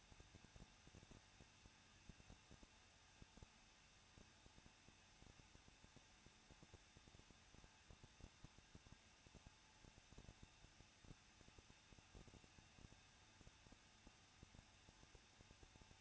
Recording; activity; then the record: daily activity, microphone in the room; no activity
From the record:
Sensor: 2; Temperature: 21.0 degrees Celsius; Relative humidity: 37.6%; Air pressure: 1006.2 hPa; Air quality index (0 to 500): 224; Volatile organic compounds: 25 ppm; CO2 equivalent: 2843 ppm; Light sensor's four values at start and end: 2/3/2/2 and 2/3/2/2